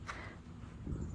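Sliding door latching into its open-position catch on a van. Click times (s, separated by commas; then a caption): 0.1 s. The sliding door of a Ford Transit van is pushed fully open and latches into the door's natural open-position lock, with a sharp click at 0.1 s. A low rumble and soft thud follow toward the end. The door is locked in the open position.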